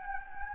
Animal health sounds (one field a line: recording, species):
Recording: mosquito wingbeat signal from an infrared sensor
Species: Anopheles gambiae